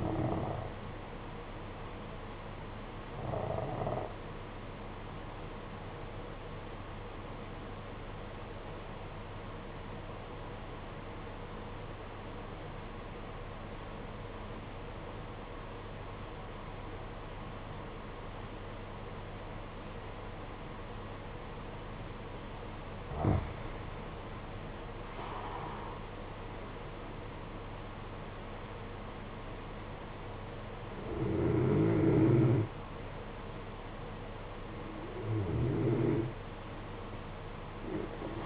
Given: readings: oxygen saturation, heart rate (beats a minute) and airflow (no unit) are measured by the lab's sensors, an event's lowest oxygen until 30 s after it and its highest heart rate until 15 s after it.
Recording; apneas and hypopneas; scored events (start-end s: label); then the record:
breathing in sleep by a voice recorder at the bedside; 1
4.00-24.40 s: obstructive apnea (N1, oxygen 95% highest, then 84% lowest, heart rate 51 at the start, 64 highest)
From the record:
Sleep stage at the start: N1 (lightest sleep); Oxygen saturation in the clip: 85 to 95%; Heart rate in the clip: 51 to 64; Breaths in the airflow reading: 6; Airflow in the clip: -11.2 to 10.8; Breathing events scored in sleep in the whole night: 476 in 9.7 hours asleep